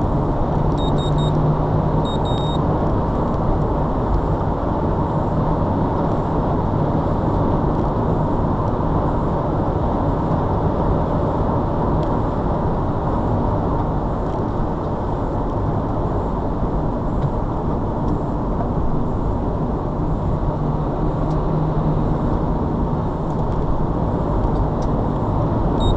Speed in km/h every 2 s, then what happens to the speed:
77, 92, 92, 92, 92, 93, 93, 84, 76, 69, 66, 71, 74.
0-12 speeds up to 93. 12-18 brakes to 69. 18-23 steady at about 69.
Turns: none.